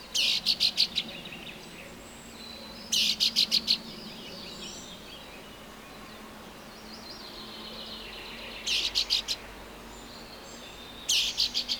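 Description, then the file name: Common chaffinch: short bursts of about five rapid, sharp, clicking notes, given four times with irregular gaps. "Fringilla coelebs"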